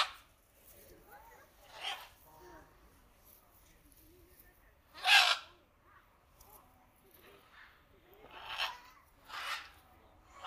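Macaw calls, several loud raspy screeches spaced a few seconds apart.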